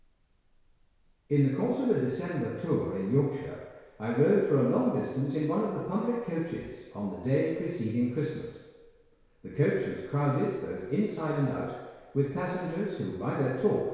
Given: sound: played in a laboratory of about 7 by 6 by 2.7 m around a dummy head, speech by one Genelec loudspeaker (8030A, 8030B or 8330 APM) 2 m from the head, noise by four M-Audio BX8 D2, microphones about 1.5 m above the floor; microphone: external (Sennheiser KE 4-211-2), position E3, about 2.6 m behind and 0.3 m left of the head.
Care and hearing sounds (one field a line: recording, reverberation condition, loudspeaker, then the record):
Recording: male speech in English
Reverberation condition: high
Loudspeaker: behind (180 degrees)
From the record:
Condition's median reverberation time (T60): about 1300 ms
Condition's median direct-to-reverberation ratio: about -4.0 dB